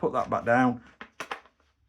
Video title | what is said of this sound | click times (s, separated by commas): [UNBOXING] WELL PRO WE06 PPK-20 SMG - The CQB game has been changed! | and it clicks forward. It doesn't click. That's a lie. | none